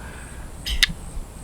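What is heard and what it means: A heavy PMP Kodiak folding knife, about 7.5 ounces, is opened, and after a brief soft swish its blade lock engages with a single sharp, distinctive click at 0.8 s. The blade is locked into its handle.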